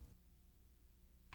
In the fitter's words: the tabs of the Mask into the clips until the tabs click into place